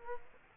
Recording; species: mosquito wingbeat signal from an infrared sensor; Aedes aegypti